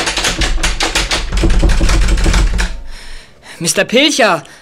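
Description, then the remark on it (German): A quick run of dense metallic clicks and rattles as a key turns in a door lock, followed by a man's voice calling out briefly. “Hey, wer schließt denn da ab?”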